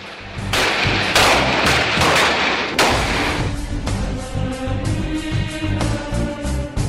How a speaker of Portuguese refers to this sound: Oi, ele tinha saído da casa de amigos e estava quase entrando no carro quando foi abordado pelos bandidos. 2 caras chegaram e deram 6 tiros.